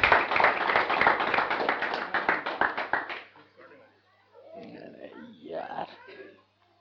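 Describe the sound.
A group bursts into dense, irregular applause for about three seconds to welcome a guest, then the clapping stops abruptly and a voice speaks briefly afterward.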